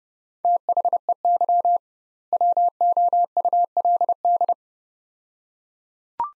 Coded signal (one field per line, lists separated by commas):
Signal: Morse code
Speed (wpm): 30 wpm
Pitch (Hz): 700 Hz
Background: none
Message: THEY WOULD